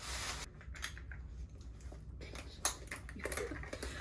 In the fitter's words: Did you hear that click clacking? Bitch, the straps is yep.